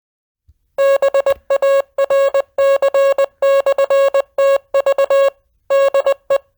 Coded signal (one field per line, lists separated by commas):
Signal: Morse code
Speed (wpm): 20 wpm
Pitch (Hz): 550 Hz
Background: music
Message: BARC/TV DE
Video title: Bristol 2 Meter Net 11-19-19